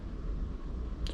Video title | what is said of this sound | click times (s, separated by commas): Quadmula Siren F3 Split: The Tiny Beast Build Video! // MurdersFPV | and you'll see how it kind of snaps in | 1.1 s